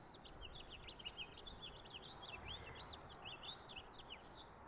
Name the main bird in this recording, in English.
House Finch